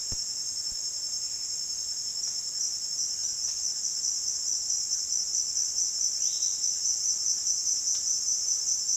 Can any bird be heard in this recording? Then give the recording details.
no. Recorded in dense forest near Puerto Asís, Putumayo, Colombia, on 29 June 2025 at 08:30. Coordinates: 0.466, -76.327. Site GP04